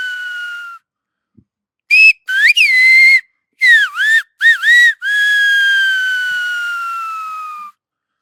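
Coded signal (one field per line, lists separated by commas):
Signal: whistled language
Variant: Silbo Gomero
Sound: loud piercing whistle with long held note, gliding syllables, then long falling note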